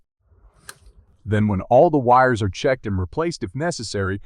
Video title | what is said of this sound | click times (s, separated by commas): How to Test Spark Plug Wires (3 Ways) | Then do the same for the other end. Once again, you want to hear a clear click. | 0.7 s